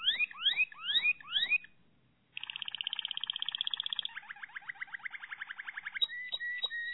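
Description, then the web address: Canary (Malinois Waterslager): canary song opening with rising looped whistles, a brief pause, then fast rolling trills at several pitches and a closing run of repeated notes. Song of the Malinois (Waterslager) breed of canary. "~joaopt canarios racas canto malinoiss"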